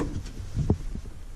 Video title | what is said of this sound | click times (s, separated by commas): 3 Things You May not Know About Your Loader | turn it to the right, and it pops into place. | 0.7 s